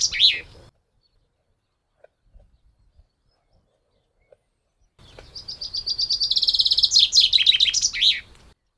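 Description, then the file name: Common chaffinch song: the tail end of one phrase, a pause, then a full phrase of rapid trilled notes ending in a flourish. "Fringilla coelebs"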